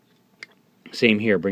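A plastic foot piece on a Mastermind Creations Feral Cons Fortis robot figure is rotated and pegged onto a tab in a slot on the figure's limb, giving a short, sharp plastic snap at 0.4 s as it seats into place. Someone talks afterward.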